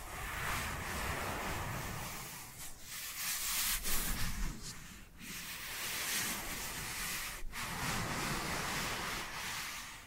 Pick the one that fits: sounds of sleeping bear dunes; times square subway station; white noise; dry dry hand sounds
dry dry hand sounds